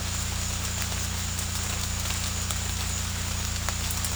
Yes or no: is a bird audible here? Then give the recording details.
no. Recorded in secondary vegetation near Puerto Asís, Putumayo, Colombia, on 18 December 2024 at 16:00. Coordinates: 0.485, -76.322. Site GP08